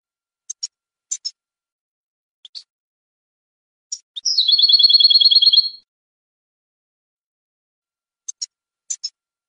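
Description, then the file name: European goldfinch: a few sparse, sharp high chips, then a single rapid buzzy trill of about a second and a half, then more scattered chips. "audio burung goldfinch"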